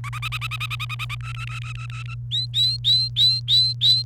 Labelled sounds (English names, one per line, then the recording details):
Domestic Canary song
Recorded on 28 April 2018 at 15:36
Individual llb3